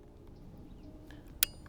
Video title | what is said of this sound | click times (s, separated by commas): Is It Worth Buying A Carcano In 2025? | As you load the stripper clip from the top, you will push down and ultimately the clip will lock into place like so. | 1.4 s